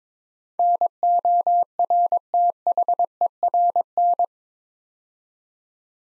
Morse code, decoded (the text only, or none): NORTHERN